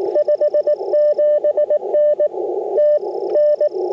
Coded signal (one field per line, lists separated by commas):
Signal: Morse code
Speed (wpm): 20 wpm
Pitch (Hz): 590 Hz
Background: radio noise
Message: 57N TN